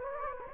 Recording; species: mosquito wingbeat signal from an infrared sensor; Anopheles gambiae